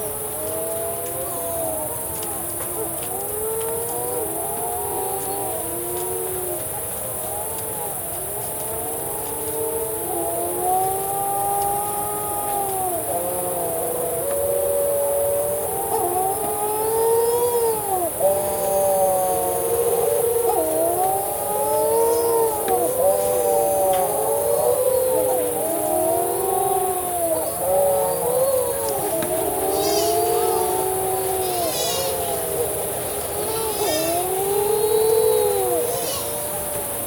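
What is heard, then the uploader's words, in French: Petrels, also called Pacific shearwaters, call in a dense overlapping chorus on an islet at nightfall, their wailing, rising-and-falling moans sounding almost like sirens. The mid-pitched cries stay continuous throughout, building slightly louder after the first fifteen seconds, over a steady background hiss. La nuit vient de tomber sur l'îlot Maître au large de Nouméa en Nouvelle-Calédonie. Mais quel est ce son étrange qui s'échappe des pontons de l'hôtel Hilton ?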